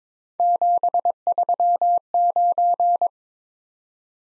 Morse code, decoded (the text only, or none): 739